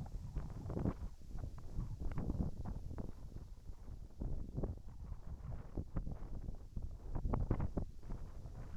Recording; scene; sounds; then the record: everyday scene through a hearing-aid microphone; wind on the microphone; wind, whistling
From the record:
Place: in front of a rural house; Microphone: behind the ear, right, front